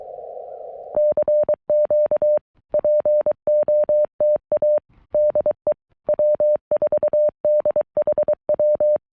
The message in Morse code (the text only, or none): CQ POTA DE W4DHW